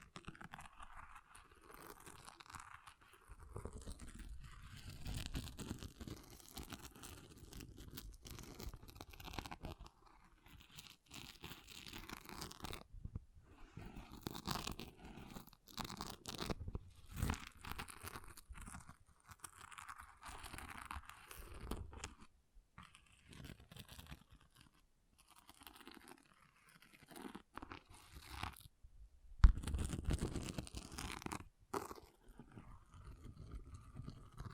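Rough scratching of an object comes in uneven crunchy bursts with short pauses, and a louder scrape hits near the thirty-second mark.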